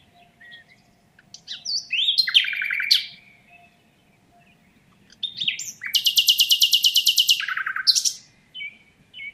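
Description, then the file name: Common nightingale song: a phrase of mixed chirps and rattles, a pause, then a loud rapid burst of repeated notes dropping into lower churrs. "Luscinia megarhynchos"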